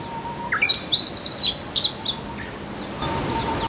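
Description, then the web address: Meadow bunting song: a quick jumbled phrase of high chirps and twittery notes lasting about a second and a half, with a steady faint hum and light background noise. Recorded at Azamidani, Japan, on a walk. "azamidani sound bird 05 houzirow"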